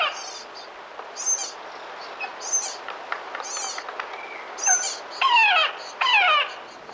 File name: Magellanic Woodpecker